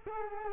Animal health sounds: mosquito wingbeat signal from an infrared sensor; Culex quinquefasciatus

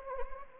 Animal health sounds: mosquito wingbeat signal from an infrared sensor; Anopheles gambiae

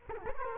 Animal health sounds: mosquito wingbeat signal from an infrared sensor; Culex quinquefasciatus

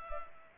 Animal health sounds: mosquito wingbeat signal from an infrared sensor; Culex pipiens

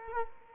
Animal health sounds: mosquito wingbeat signal from an infrared sensor; Culex quinquefasciatus

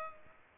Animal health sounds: mosquito wingbeat signal from an infrared sensor; Culex pipiens

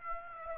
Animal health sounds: mosquito wingbeat signal from an infrared sensor; Aedes aegypti

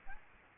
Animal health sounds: mosquito wingbeat signal from an infrared sensor; Aedes albopictus

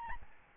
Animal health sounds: mosquito wingbeat signal from an infrared sensor; Aedes albopictus

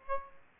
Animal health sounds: mosquito wingbeat signal from an infrared sensor; Aedes aegypti

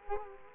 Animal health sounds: mosquito wingbeat signal from an infrared sensor; Culex quinquefasciatus

